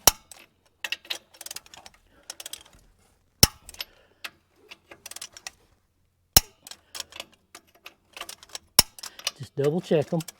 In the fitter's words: hope y'all can hear it click I can